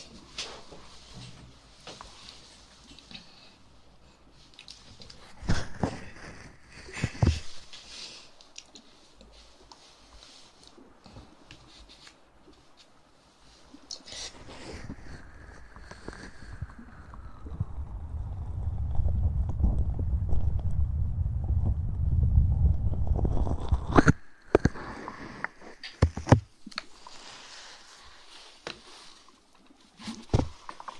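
Sharp knocks and clatters arrive in scattered bursts, near 5, 7, 14 and again around 24 to 30 seconds, with quiet stretches between. From about 15 seconds a deep rumble swells and a tone slides downward, ending abruptly at 24 seconds.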